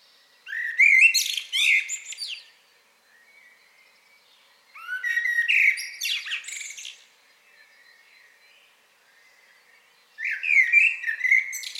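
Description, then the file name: Common blackbird singing three phrases, each a flute-like warble climbing into a shrill twittering flourish, with quiet gaps of a few seconds between them. "Turdus merula"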